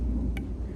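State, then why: Seated. A drip irrigation emitter is pushed into a hole punched in polyethylene drip tubing for a blueberry and tomato bed. Over a steady low rumble, a single short, sharp pop sounds at 0.4 s as the emitter seats firmly in the line.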